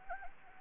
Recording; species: mosquito wingbeat signal from an infrared sensor; Anopheles gambiae